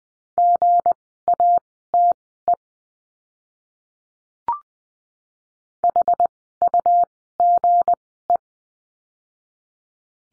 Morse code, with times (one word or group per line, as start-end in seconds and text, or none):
0.4-2.5 GATE
5.8-8.4 HUGE